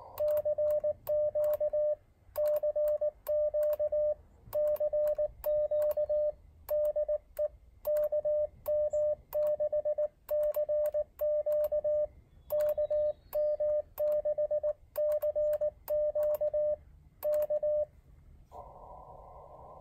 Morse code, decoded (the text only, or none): CQ CQ CQ DE KM6CQ KM6CQ K